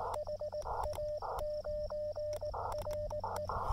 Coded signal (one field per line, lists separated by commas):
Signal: Morse code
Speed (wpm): 18 wpm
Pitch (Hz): 590 Hz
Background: radio noise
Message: HA9RE